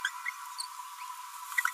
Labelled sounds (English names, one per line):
Green-rumped Parrotlet babbling